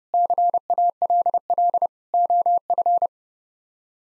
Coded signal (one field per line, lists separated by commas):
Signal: Morse code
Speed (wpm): 30 wpm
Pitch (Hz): 700 Hz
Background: none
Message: CALL OF